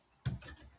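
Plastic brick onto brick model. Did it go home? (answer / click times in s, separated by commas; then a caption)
no / none. A plastic brick piece is handled against a plastic brick model of the Titanic, with a sharp tap at about 0.3 s followed by quieter rustling and light contact sounds. Nothing has seated or clicked yet.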